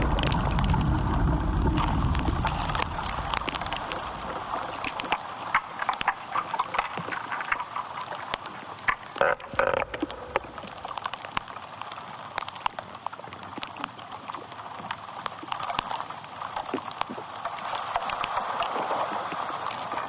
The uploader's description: The interior sound world of ash trees, Fraxinus excelsior .